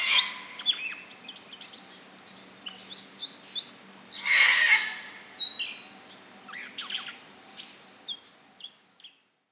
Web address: Yellow throated scrubwren. صدای-پرنده-خس-نشین-گلوزرد